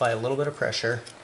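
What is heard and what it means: A roof rack component for a Toyota Tacoma is handled and pressed onto its mount on the vehicle with a little pressure while someone talks. Nothing has seated or clicked yet; the part is not yet home.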